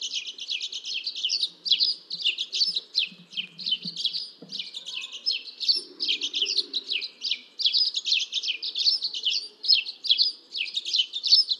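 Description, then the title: Dead Sea sparrow singing a dense, continuous stream of high, scratchy chirps in quick bursts, with hardly a pause throughout. "Aplikasi Suara Burung. Dead Sea Sparrow (Passer moabiticus)"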